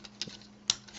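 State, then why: Seated. A plastic wheel panel on a transforming robot action figure's leg is twisted around until it locks into place. A few faint plastic ticks come first, then a sharp, bright snap at 0.7 s as the panel locks, and the panel is seated.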